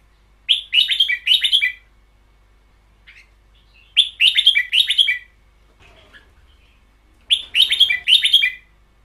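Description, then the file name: Red-whiskered bulbul song of bubbly, quick-fire whistled phrases in three bursts a few seconds apart. Caged bird; song style called เบิ้ลยาว in Thai. "เสียงนกกรง-เบิ้ลยาว"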